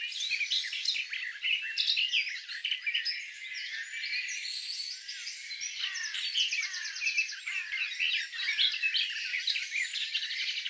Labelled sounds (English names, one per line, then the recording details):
Garden Warbler song
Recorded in the wild
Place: Flögelner See, Schleswig-Holstein, DE
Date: 2007-06-05
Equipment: MiniDisc Sharp MT 20 H
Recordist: Schwarz, Dieter